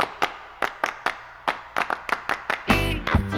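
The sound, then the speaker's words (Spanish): A string of sharp hand claps, clapping along to a song at a party, in a quick, somewhat uneven rhythm, about a dozen in all, ending in a brief louder burst of mixed noise. “Aplaudir, aplaudir, todo el mundo va a aplaudir.”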